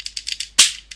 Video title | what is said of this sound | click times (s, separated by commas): Transformers Cybertron - Wing Saber Review | then after that just pull out his head wait for that little click and rotate his head | 0.6 s